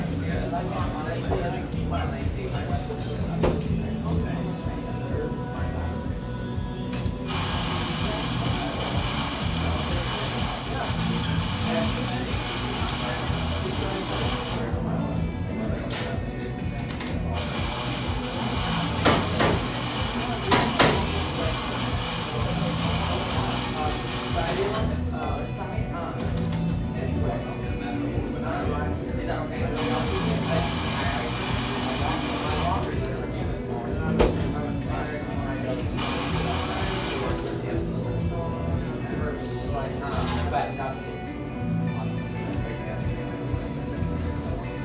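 A busy café in east Portland, with steady overlapping conversation filling the whole clip over a dense, low murmur. Bright clattering and hissing bursts come and go every few seconds, around 8–14, 16, 21, 25–30 and 34–38 seconds, while the overall level stays even throughout.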